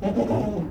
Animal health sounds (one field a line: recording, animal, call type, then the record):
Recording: contact call of a hoofed animal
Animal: goat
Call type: low-frequency (closed-mouth) or high-frequency (open-mouth) call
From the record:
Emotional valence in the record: negative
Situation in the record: food frustration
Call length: 0.71 s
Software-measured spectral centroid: 1170 Hz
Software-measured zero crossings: 780 a second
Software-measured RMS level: -24 dBFS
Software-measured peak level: -11 dBFS